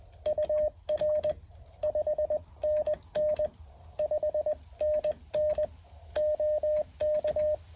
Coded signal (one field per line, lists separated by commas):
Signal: Morse code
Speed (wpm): 21 wpm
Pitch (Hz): 610 Hz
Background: none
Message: UR 5NN 5NN OK